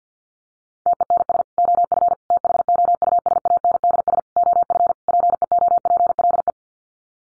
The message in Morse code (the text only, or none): TENS OF THOUSANDS OF PEOPLE